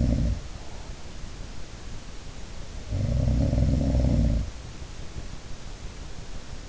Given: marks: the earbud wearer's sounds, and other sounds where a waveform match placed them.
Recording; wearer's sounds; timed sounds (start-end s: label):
sounds in sleep by an in-ear microphone; breath
0.00-1.46 s: sound from someone else or the room
0.20-1.46 s: breath
2.61-4.98 s: sound from someone else or the room